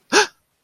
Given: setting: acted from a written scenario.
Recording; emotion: vocal sound without words; fear